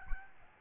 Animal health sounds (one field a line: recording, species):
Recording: mosquito wingbeat signal from an infrared sensor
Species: Aedes albopictus